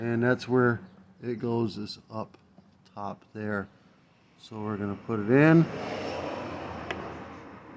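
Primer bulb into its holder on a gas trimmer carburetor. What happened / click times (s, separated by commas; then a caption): Plastic part handled and pressed, not yet clearly seated / none. A new plastic primer bulb for a Ryobi 725R EZ gas trimmer is positioned with its square nub up top and pushed toward its holder on the carburetor/fuel housing while someone talks. After the talking, a steady rustling hiss of handling is heard, with a brief sharp tick near 6.9 s. The clip ends before the bulb goes home, and nothing has seated or clicked yet.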